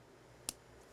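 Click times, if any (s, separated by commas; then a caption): 0.5 s. A small plastic foot piece of a transforming action figure, a Universe (Legends) Beachcomber, is pulled outward and clicks into its ratchet joint at 0.5 s. The click is a single sharp, bright snap over a quiet background, and the foot piece seats in place.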